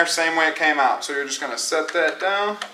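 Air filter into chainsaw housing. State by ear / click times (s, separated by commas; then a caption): not seated / none. A plastic air filter is handled and set back into the housing of a Stihl chainsaw while someone talks throughout. The filter has not seated or clicked into place yet.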